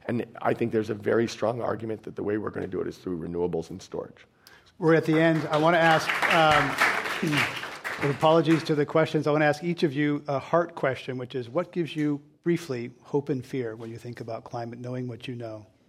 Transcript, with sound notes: and I think there's a very strong argument that the way we’re going to do it is through renewables and storage.
[Applause]
We’re at the end. I want to ask – apologies to the questions. I want to ask each of you a heart question, which is what gives you briefly hope and fear when you think about climate, knowing what you know,